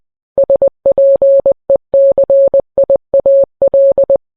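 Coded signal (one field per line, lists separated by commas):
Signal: Morse code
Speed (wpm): 20 wpm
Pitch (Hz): 550 Hz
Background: none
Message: SPECIAL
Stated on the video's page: Morse code heard on NOAA Weather Radio.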